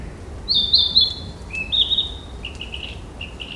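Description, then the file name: Narcissus flycatcher song: short bright whistled phrases near the high end, a quick trilled figure, then lower slurred notes repeated, over quiet background hiss. "kibitaki"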